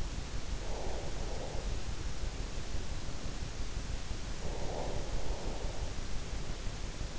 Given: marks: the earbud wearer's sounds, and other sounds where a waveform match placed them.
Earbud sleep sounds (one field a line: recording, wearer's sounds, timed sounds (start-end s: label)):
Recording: sounds in sleep by an in-ear microphone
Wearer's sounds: breath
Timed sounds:
0.66-1.80 s: breath
4.51-5.91 s: breath